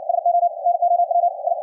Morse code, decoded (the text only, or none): SO NOW I